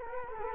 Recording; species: mosquito wingbeat signal from an infrared sensor; Culex quinquefasciatus